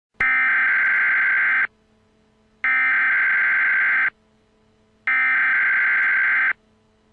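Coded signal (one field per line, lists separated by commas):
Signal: Emergency Alert System (SAME) tones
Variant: header bursts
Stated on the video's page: Entirely fictional alert scenario that would not happen in real life.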